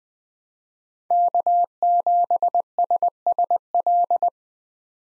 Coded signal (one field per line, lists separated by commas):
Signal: Morse code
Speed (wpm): 20 wpm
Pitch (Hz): 700 Hz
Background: none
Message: K7SSL